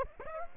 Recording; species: mosquito wingbeat signal from an infrared sensor; Aedes aegypti